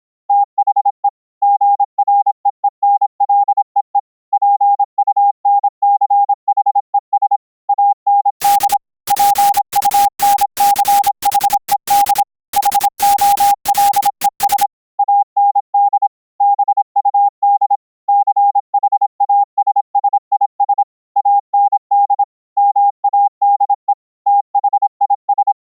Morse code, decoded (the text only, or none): THE GREENLEE PUNCHES AND PUNCHED HOLES AND BUD CHASSIS AND MADE THIS